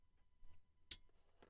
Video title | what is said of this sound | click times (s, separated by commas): SIG Sauer P220 Legion SAO complete disassembly and reassembly video | and then push it in even more and you heard it click | 0.9 s